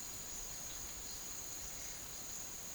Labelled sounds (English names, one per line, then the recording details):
none
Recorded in secondary vegetation near Puerto Asís, Putumayo, Colombia, on 24 March 2025 at 11:30
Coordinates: 0.489, -76.322
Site G042